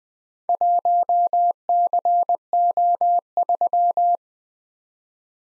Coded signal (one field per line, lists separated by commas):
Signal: Morse code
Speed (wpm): 20 wpm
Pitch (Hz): 700 Hz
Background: none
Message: 1CO3